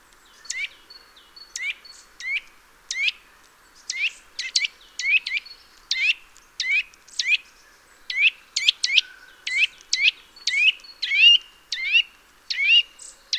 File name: Sitta europaea